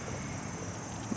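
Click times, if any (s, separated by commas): none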